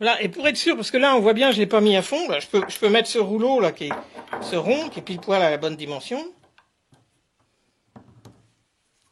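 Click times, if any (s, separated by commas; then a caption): 8.0 s, 8.2 s. Someone talks for about the first six seconds while working on a Citroën 11 cardan (universal) joint, then a steel circlip holding the bearing cup of the joint cross is pushed fully home using a round spacer of just the right diameter. After faint small knocks around 6.6 and 6.9 s, two sharp metallic clicks at 8.0 and 8.3 s mark the circlip snapping into its groove in the yoke, seated.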